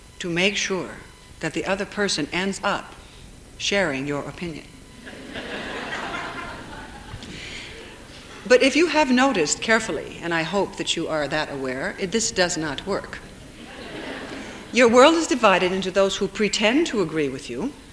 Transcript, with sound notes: to make sure that the other person ends up sharing your opinion. [Laughter] But if you have noticed carefully, and I hope that you are that aware, this does not work. Your world is divided into those who pretend to agree with you